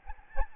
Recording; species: mosquito wingbeat signal from an infrared sensor; Aedes albopictus